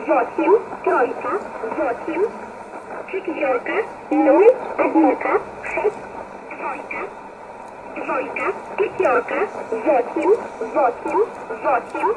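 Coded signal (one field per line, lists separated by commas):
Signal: numbers station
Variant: S11a Cherta, Russian voice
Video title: 25 06 2020 S11a Cherta Numbers station in Russian 0709 on 9339 unknown tx site in USB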